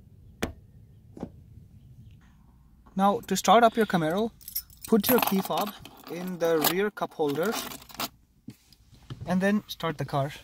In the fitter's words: and press until you hear a click